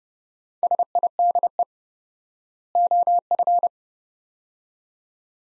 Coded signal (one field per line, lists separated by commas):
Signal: Morse code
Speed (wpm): 30 wpm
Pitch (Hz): 700 Hz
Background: none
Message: SIDE OF